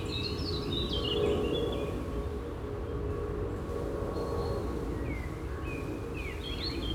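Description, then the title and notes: Birds: brief bright chirps in bursts, mostly at the start and towards the end, over a steady low rumbling drone and hum. Birds at a canola field on a mild late spring afternoon in Schuir, Essen, Germany. "Schuir, Essen, Deutschland - essen, canola field, bees, birds and plane. An einem Rapsfeld an einem milden Frühlingsspätnachmittag. Der Klang von Bienen in den Rapsblüten, das Zwitschern von Vögeln und ein Flugzeugüberflug. Projekt - Stadtklang//: Hörorte"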